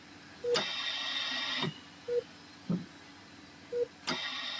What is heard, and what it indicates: This is the sound of a ventilator. And for Dr. Rafael Campo, it's been the soundtrack of the pandemic. The ventilators rise and fall.